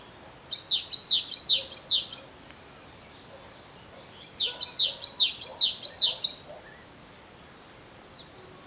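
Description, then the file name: Great tit calling in two long, even runs of high, downslurred notes, separated by a pause. "Parus major"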